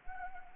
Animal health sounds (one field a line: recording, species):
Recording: mosquito wingbeat signal from an infrared sensor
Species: Anopheles arabiensis